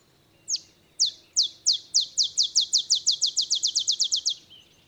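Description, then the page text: Olive sparrow song, a run of high downslurred chips that begin spaced apart and accelerate into a rapid trill. Olive sparrow's simple songs, reminiscent of a field sparrow's bouncing-ball song; recorded early morning in Texas, 50 miles north of the Mexican border. "Birdsong for the Curious Naturalist. Olive sparrow"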